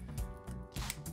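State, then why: Seated. On a 2007–2013 Toyota Tundra, the LED headlight bulb's plastic wiring connector is pushed into the headlight harness socket until its locking clip snaps in. Over background music, a sharp, short click at 0.9 s marks the clip locking, and the connector is seated.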